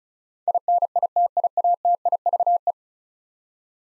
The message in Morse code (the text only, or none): INITIATIVE